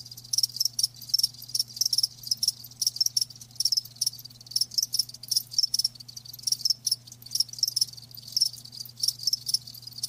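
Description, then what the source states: Steady chorus of crickets, bright high-pitched chirps pulsing in rapid clusters throughout, with a faint low hum underneath. Live crickets chirping.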